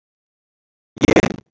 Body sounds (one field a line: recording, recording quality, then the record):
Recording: sustained vowel as in made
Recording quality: moderate, slight background noise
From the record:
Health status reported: exposed to COVID-19, no respiratory illness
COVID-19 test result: not tested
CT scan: not taken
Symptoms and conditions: none ticked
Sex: male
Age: 31 years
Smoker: no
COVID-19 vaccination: both doses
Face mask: not worn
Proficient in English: yes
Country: India